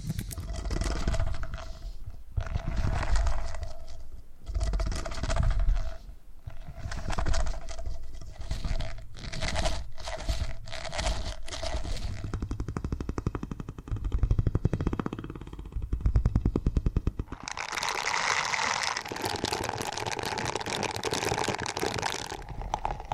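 Purring triggers in short, rhythmic bursts with brief gaps, a steady mid tone running through the first dozen seconds. Around 12 seconds the sound turns into a denser, lower rumble, and from about 17 seconds a brighter, crackly scraping texture takes over until the end.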